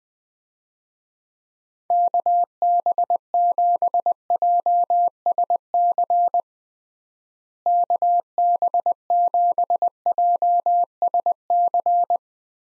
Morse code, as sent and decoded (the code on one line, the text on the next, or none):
-.- -... --... .--- ... -.-. / -.- -... --... .--- ... -.-.
KB7JSC KB7JSC